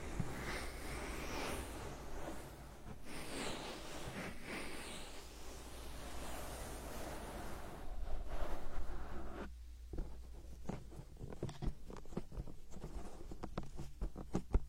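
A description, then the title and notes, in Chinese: A hand massage: skin rubbing and sliding in soft, continuous strokes through the first half, with a low steady hum underneath. Around eight seconds the rubbing grows louder, then gives way to quick, sharp taps and pats repeating irregularly until the end. 手部按摩4（声控助眠）。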